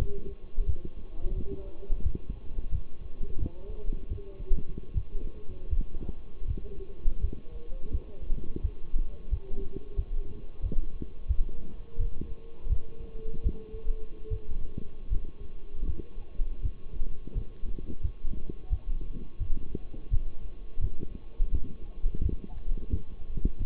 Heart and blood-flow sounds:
heart sounds by stethoscope; between the tricuspid and mitral areas; 84 bpm
0.66 s: heartbeat
1.34 s: heartbeat
2.03 s: heartbeat
2.71 s: heartbeat
3.39 s: heartbeat
4.09 s: heartbeat
4.94 s: heartbeat
5.69 s: heartbeat
6.47 s: heartbeat
7.21 s: heartbeat
7.91 s: heartbeat
8.62 s: heartbeat
9.30 s: heartbeat
9.96 s: heartbeat
10.62 s: heartbeat
11.27 s: heartbeat
11.98 s: heartbeat
12.69 s: heartbeat
13.43 s: heartbeat
14.29 s: heartbeat
15.09 s: heartbeat
15.86 s: heartbeat
16.62 s: heartbeat
17.34 s: heartbeat
18.02 s: heartbeat
18.70 s: heartbeat
19.39 s: heartbeat
20.10 s: heartbeat
20.80 s: heartbeat
21.51 s: heartbeat
22.22 s: heartbeat
22.90 s: heartbeat
23.58 s: heartbeat
From the record:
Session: walking at 3.7 km/h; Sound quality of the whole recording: partially saturated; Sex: male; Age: 24 years

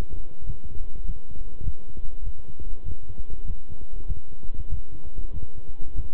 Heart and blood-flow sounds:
heart sounds by stethoscope; between the tricuspid and mitral areas; 98 bpm
0.44 s: heartbeat
1.04 s: heartbeat
1.62 s: heartbeat
2.22 s: heartbeat
2.83 s: heartbeat
3.44 s: heartbeat
4.05 s: heartbeat
4.67 s: heartbeat
5.31 s: heartbeat
5.94 s: heartbeat
From the record:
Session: walking at 3.7 km/h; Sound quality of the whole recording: good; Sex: male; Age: 26 years

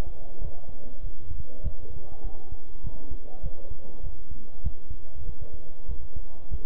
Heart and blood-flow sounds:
heart sounds by stethoscope; between the tricuspid and mitral areas; 98 bpm
0.41 s: heartbeat
1.03 s: heartbeat
1.63 s: heartbeat
2.24 s: heartbeat
2.84 s: heartbeat
3.43 s: heartbeat
4.03 s: heartbeat
4.64 s: heartbeat
5.26 s: heartbeat
5.89 s: heartbeat
6.51 s: heartbeat
From the record:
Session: bicycle stress test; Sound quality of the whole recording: good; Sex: male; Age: 23 years

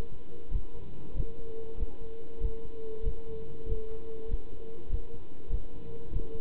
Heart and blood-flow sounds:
heart sounds by stethoscope; between the tricuspid and mitral areas; 97 bpm
0.52 s: heartbeat
1.15 s: heartbeat
1.78 s: heartbeat
2.41 s: heartbeat
3.04 s: heartbeat
3.67 s: heartbeat
4.29 s: heartbeat
4.90 s: heartbeat
5.50 s: heartbeat
6.11 s: heartbeat
From the record:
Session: pedaling a stationary bicycle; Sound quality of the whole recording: good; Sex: male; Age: 27 years

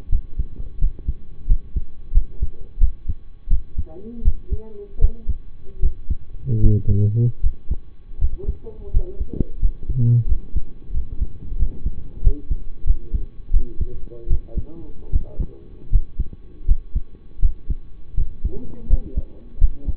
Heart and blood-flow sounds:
heart sounds by stethoscope; between the tricuspid and mitral areas; 83 bpm
0.09 s: heartbeat
0.78 s: heartbeat
1.46 s: heartbeat
2.12 s: heartbeat
2.78 s: heartbeat
3.48 s: heartbeat
4.22 s: heartbeat
4.99 s: heartbeat
5.80 s: heartbeat
6.60 s: heartbeat
7.41 s: heartbeat
8.18 s: heartbeat
8.91 s: heartbeat
9.59 s: heartbeat
10.26 s: heartbeat
10.91 s: heartbeat
11.56 s: heartbeat
12.21 s: heartbeat
12.84 s: heartbeat
13.51 s: heartbeat
14.27 s: heartbeat
15.10 s: heartbeat
15.89 s: heartbeat
16.65 s: heartbeat
17.39 s: heartbeat
18.14 s: heartbeat
18.87 s: heartbeat
19.58 s: heartbeat
From the record:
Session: rest, lying down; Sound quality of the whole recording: partially saturated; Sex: male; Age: 25 years

